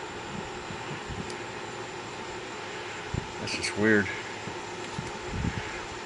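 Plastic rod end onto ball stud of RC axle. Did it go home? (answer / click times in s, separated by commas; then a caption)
no / none. A plastic rod end is pressed onto the ball stud of an SCX10 II RC crawler axle fitted with SSD Pro44 housings, but it won't snap on, unlike the other one, and nothing has seated or clicked yet. There are faint handling sounds over a steady background hum, and someone talks.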